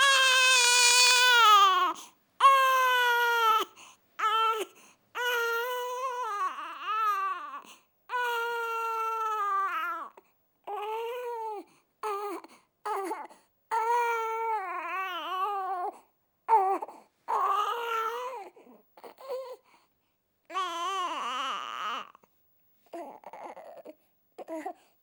Baby crying.